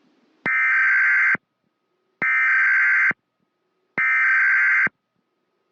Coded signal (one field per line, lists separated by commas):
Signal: Emergency Alert System (SAME) tones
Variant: header bursts